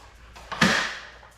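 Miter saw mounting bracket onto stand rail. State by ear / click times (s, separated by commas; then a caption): seated / 0.6 s. A DeWalt DWS716 miter saw on its mounting brackets is hooked at the front onto the rails of a DeWalt DWS725 stand and lowered at the back so the bracket clips latch. A soft knock near 0.5 s is followed by a sharp latching click at 0.6 s that rings out and fades over the next half second, as the bracket seats onto the stand rail.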